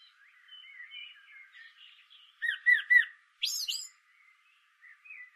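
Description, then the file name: Common blackbird: quiet rambling warble, then three clear fluty notes and a high squeaky twitter, followed by soft notes. "Turdus merula"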